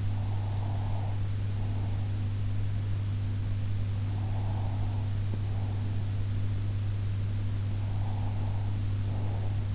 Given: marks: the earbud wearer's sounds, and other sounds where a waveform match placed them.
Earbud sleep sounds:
sounds in sleep by an in-ear microphone; breath
0.02-2.28 s: breath
4.05-6.21 s: breath
7.78-9.75 s: breath

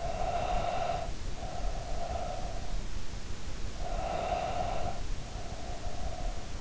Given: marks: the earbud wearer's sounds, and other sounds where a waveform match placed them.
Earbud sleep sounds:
sounds in sleep by an in-ear microphone; breath
0.00-2.76 s: breath
3.54-6.58 s: breath

